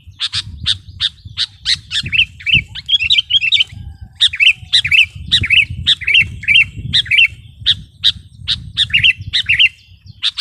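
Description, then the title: Sooty-headed bulbul sings a lively stream of warbled phrases and crisp chips, nearly continuous, accompanied by steady low rumbling background noise. "kutilang"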